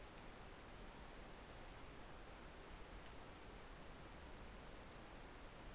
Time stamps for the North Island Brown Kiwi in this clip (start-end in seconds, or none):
none